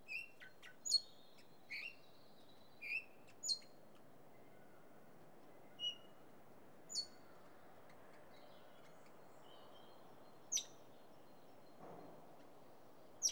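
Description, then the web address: Red-rumped parrot giving short, sharp high chirps, single or in quick pairs, scattered irregularly with gaps of up to three and a half seconds over a low steady hiss. "BBC Sound Effects Library. Red Rumped Parakeet"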